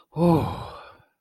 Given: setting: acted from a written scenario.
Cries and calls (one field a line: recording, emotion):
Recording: vocal sound without words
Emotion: relief